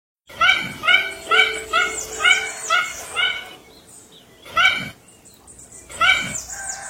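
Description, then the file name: Mandarin duck calling in a quick series of seven short, nasal yips, then a pause and two more separate yips. "canto do pato mandarim"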